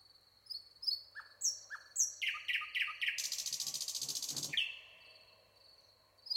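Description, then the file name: Common nightingale song: thin whistled notes, then a fast series of loud repeated chirps building into a rapid buzzy trill before a falling whistle. "Luscinia megarhynchos"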